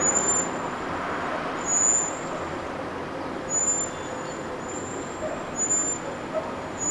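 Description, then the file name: Common blackbird giving several high, thin, level seee calls at uneven intervals over a continuous rumble of traffic-like noise. "Turdus merula"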